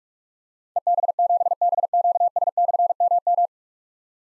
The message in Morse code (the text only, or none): EB7BQS/MM